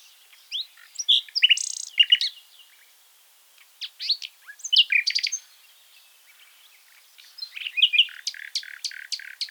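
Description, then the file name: Common nightingale delivering rich varied phrases of whistles, chuckles and sharp notes, ending in a fast series of clicking strokes. "Luscinia megarhynchos"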